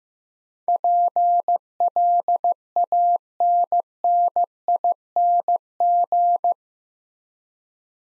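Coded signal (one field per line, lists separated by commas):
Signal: Morse code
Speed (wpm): 15 wpm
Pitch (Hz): 700 Hz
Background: none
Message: PLANNING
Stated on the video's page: Morse practice at 15 wpm building 8-letter words two letters at a time, for instant character recognition training.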